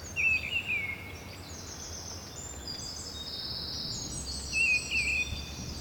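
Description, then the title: Bird calls, a short warbled whistle at the start and again near the end, faint high buzzy trills between, soft background noise. Bird ambience recorded at Rue du Rossignol, Seneffe, Belgium, with Sony PCM-D100 internal microphones. "Rue du Rossignol 7, 7180 Seneffe, Belgique - Birds ambience"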